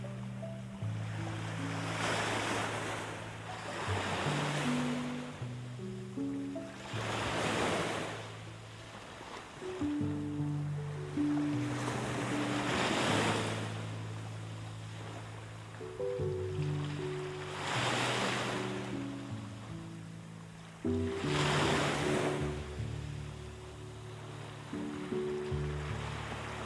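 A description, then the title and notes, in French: Sea waves wash in and out every few seconds, each surge rising to a bright hiss and fading back. Underneath, soft music holds low, sustained notes that shift slowly from chord to chord, steady and calm throughout. MUSIQUE Douce et VAGUES DE LA MER. Les vagues de la mer et une musique douce.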